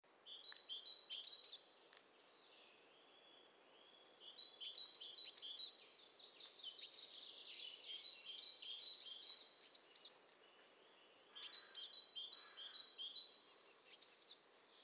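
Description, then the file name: Eurasian blue tit calls: high, sharp, clicking notes in repeated short bursts, mixed with thin trilled phrases. "Cyanistes caeruleus"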